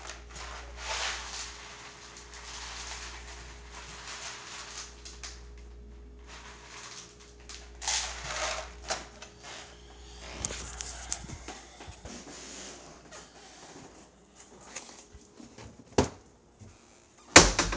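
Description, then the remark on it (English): Dry cat food rattles and patters as it's poured from an oddly cut-open box in several uneven bursts, with scattered small clicks of kibble and a couple of sharper knocks near the end, with no one speaking. “I'm trying to pour the cat food right now and this box is cut open in a weird way.”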